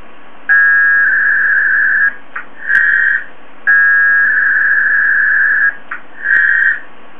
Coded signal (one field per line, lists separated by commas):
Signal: packet radio (AX.25, as in APRS)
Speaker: we hit connect you'll hear this side transmit my other side you hear the alarm bell go off and it will come back and say we're connected and it will also spit up as you can see right here the mailbox commands